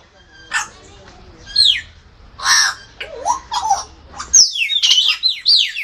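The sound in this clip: Grey parrot calls, scattered squawks and a low wavering note, then a busy stretch of harsh, falling whistled squawks.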